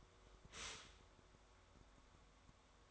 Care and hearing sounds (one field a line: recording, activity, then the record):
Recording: daily activity, microphone in the room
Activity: stop toaster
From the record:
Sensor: 3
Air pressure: 1014.7 hPa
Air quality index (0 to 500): 200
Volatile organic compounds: 26 ppm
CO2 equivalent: 2856 ppm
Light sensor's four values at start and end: 4/10/4/4 and 4/10/4/4